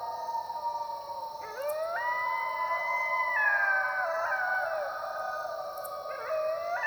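Dingoes howling together, several overlapping wavering howls that rise and step between pitches, over a steady high insect buzz.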